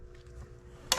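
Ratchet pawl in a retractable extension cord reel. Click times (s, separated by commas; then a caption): 0.9 s. After reassembly with a replacement gear, the extension cable is pulled out of a Harbor Freight retractable extension cord reel over a low, steady hum and a faint rustle. At 0.9 s the ratchet pawl catches with a sharp, loud click, and the latch holds so the cable stays out.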